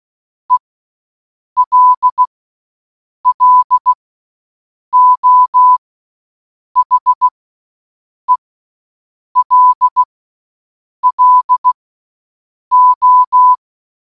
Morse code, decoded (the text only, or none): ELLO HELLO